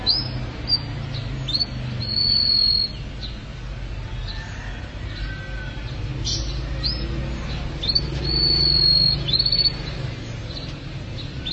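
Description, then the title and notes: Canary song: quick high chirps and a couple of sustained whistled notes in irregular phrases over constant low rumbling background noise. "BM Suara Kenari. BM Suara Burung Kenari"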